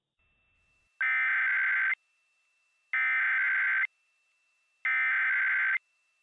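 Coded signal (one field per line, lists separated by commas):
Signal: Emergency Alert System (SAME) tones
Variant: header bursts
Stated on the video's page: Fictional EAS scenario about a hostage situation; tones are valid, with headers generated for EASyPLUS sections.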